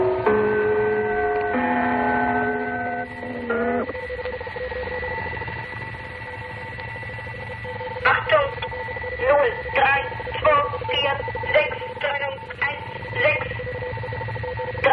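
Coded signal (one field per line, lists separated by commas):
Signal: numbers station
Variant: Gong Station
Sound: ringing gong-like tones, then short, evenly spaced spoken words over a steady tone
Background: radio hum and static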